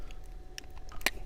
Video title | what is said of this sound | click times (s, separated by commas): Replacing spark plugs and coil packs on a mk6 Vw jetta 2.5L (DIY) | So you hear the click. | 1.1 s